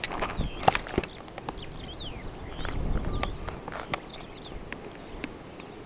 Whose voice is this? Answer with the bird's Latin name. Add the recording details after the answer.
Lamprotornis superbus. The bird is a female. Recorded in Kenya on 28 May 2010. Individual 4, of group CF1